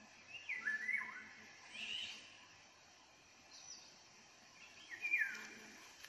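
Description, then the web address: Eurasian jay song: a falling slurred phrase, a short burst, a brief high note, then another falling phrase. "geai chant"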